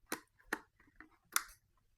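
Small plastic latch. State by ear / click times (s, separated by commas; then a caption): seated / 1.4 s. A DJI Osmo Action 6 action camera is pressed onto its magnetic quick-release mount, producing a few short, sharp clicks and ticks around 0.1, 0.5 and 1.0 seconds. The loudest and brightest snap comes at 1.4 seconds, when the camera clicks into place and is seated on the mount.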